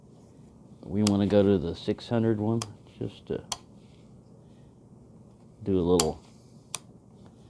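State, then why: Seated. Someone talks while rotating the abrasive rod in the rod holder of a Work Sharp Precision Adjust guided knife sharpener from 320 grit to 600 grit. At 6.8 s a single sharp click is heard as the rod detents and seats in position, lining it up in place.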